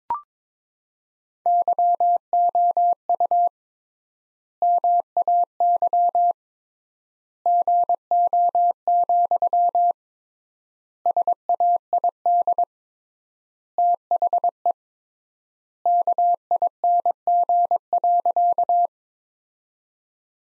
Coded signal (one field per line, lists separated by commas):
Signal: Morse code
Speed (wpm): 21 wpm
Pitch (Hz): 700 Hz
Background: none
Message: YOU MAY GO, SAID THE KING.